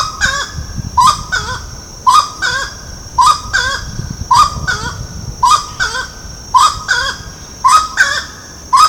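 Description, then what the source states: Grey-cowled wood rail repeating loud, raucous double squawks at a brisk, even pace, accompanied by a steady high insect drone. Recorded at Ibirapuera, São Paulo, Brazil, on 6 December 2012.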